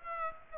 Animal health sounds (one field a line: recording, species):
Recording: mosquito wingbeat signal from an infrared sensor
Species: Aedes aegypti